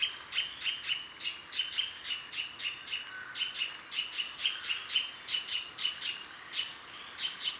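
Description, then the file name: Eurasian nuthatch giving a run of sharp, high chips, evenly repeated, with a few thinner higher notes near the end. "Sitta europaea"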